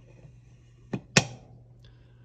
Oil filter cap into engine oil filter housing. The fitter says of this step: in reverse orientation until you feel and hear that starter thread click into place